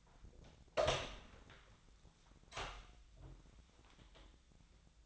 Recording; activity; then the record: daily activity, microphone in the room; open door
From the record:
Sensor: 3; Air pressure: 1009.2 hPa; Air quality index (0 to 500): 201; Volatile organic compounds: 4 ppm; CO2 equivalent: 1614 ppm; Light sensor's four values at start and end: 42/110/47/47 and 42/110/47/47